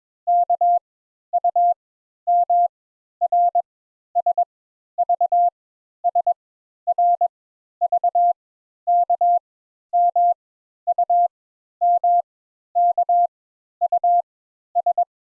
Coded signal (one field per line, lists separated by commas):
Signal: Morse code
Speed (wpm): 22 wpm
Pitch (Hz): 700 Hz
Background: none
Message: K U M R S V S R V K M U M K U S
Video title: Morse Code Introductory Lesson 3 Letters U and V